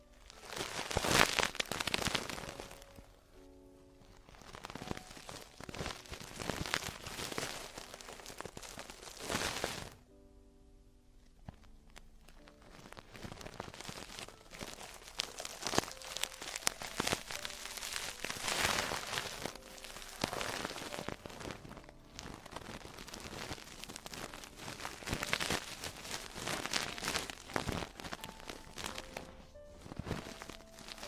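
Traditional Chinese ear cleaning, heard as dense, bright crackling and scraping that comes in bursts of a few seconds with brief quieter gaps. Soft tonal murmurs, like a faint voice, drift underneath throughout, and the scratching stays steady in level across the clip.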